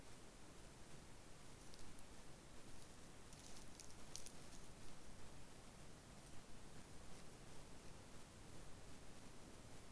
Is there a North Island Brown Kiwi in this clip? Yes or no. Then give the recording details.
no. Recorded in New Zealand on 11 December 2011. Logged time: 00:58. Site DD66